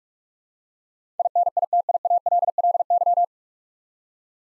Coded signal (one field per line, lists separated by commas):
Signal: Morse code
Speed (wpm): 44 wpm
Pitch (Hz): 700 Hz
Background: none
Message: INITIALLY